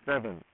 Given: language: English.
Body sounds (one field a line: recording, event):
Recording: throat vibration sensor signal played as sound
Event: speech